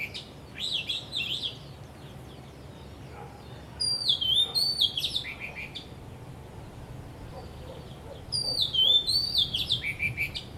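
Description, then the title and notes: Bird song in three rich whistled bursts, each a second or two long with sweeping high notes, separated by quiet stretches of background hiss. Birds singing vigorously at Wu Kai Sha, Hong Kong, on 15 December 2006; recorded with AKG condenser microphones in XY stereo. "香港 烏溪沙 雀鳥勁唱歌 Date: 15 December 2006"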